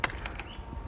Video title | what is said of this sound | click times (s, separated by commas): ✅ Aquabot classic Swimming pool robotic cleaner (Buying Guide) | lock it into place by pulling down the spring lock | 0.0 s